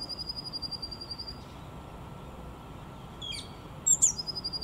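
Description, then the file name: Eurasian blue tit singing, a sustained high trill, then brief sharp high notes and a new phrase that slides into another trill, over steady low rumble. "MESANGE BLEUE chant"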